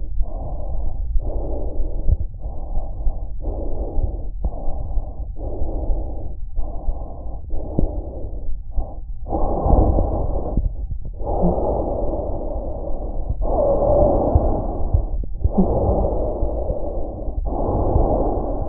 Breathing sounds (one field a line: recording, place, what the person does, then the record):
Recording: lung sounds by stethoscope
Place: trachea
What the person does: quiet breathing, then deep breathing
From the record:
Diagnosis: interstitial lung disease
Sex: female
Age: 61 years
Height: 155 cm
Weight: 75.5 kg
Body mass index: 31.4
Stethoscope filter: extended mode